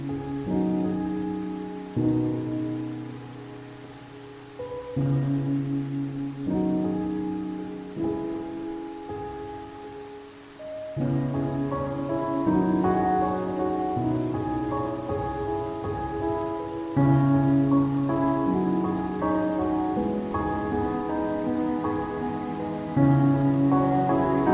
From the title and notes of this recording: Rainy Day Meditation: Calming Rain Sounds for Mindfulness and Stress Relief.